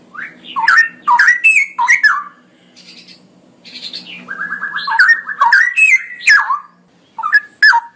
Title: Cucak ROWO Jantan GACOR Suara Lantang ROoo EL Panjang